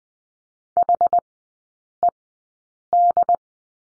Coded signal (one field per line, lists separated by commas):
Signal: Morse code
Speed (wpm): 20 wpm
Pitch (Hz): 700 Hz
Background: none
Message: HED